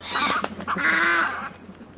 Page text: BIRDS IBIS AUSTRALIAN WHITE MIXED HONK. Birds from South Australia